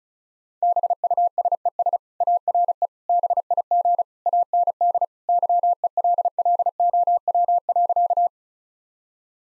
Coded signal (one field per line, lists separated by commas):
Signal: Morse code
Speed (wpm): 36 wpm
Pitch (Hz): 700 Hz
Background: none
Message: BUSES ARE BIG AND YELLOW.